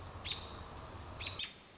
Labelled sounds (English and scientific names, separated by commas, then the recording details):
American Robin (Turdus migratorius)
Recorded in Sonoma County, California